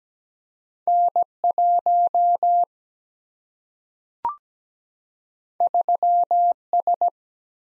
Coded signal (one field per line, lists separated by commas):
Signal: Morse code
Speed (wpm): 17 wpm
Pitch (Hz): 700 Hz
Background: none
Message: N 1 3 S